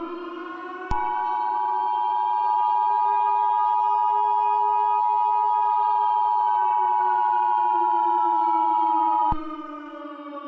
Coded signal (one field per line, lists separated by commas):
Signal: Emergency Alert System (SAME) tones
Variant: 853 and 960 Hz attention tone